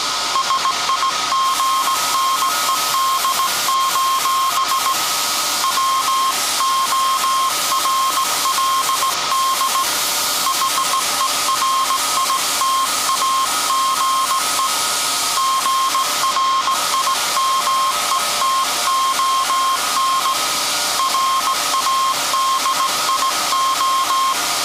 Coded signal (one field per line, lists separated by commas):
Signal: Morse code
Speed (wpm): 17 wpm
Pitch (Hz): 1070 Hz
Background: none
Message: SIGNED: WORLD HERITAGE GRIMETON RADIO